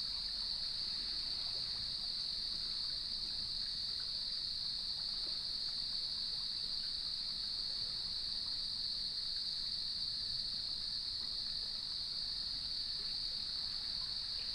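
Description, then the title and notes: Crickets in chorus, a steady unbroken high-pitched trill holding one pitch throughout, over a low rushing wash like waves. Evening chorus at sunset on the beach of Lighthouse West Natural Area, Leelanau Peninsula, recorded by gnarled cedar trees with waves in the background. "Sounds of Leelanau Peninsula: Lighthouse West Natural Area. Nature is my Jam"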